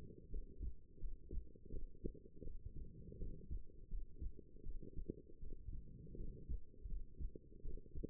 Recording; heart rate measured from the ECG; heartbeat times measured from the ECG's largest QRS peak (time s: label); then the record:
heart sounds by stethoscope; 82 bpm
0.29 s: heartbeat
0.98 s: heartbeat
1.69 s: heartbeat
2.42 s: heartbeat
3.17 s: heartbeat
3.88 s: heartbeat
4.62 s: heartbeat
5.38 s: heartbeat
6.15 s: heartbeat
6.86 s: heartbeat
7.61 s: heartbeat
From the record:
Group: healthy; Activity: rest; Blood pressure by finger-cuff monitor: 119/88 mmHg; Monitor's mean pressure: 100 mmHg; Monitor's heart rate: 82 bpm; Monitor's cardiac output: 6.6 L/min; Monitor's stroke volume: 78 mL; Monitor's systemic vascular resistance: 1140 dyn s/cm5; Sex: female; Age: 23 years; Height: 160 cm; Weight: 50.4 kg